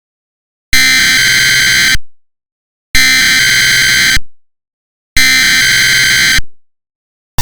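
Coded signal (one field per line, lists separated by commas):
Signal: Emergency Alert System (SAME) tones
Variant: header bursts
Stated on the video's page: Fictional zombie plague EAS scenario.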